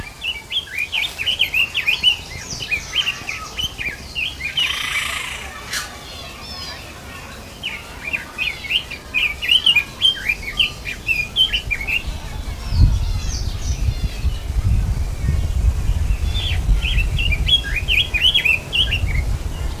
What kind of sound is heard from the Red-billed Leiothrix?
song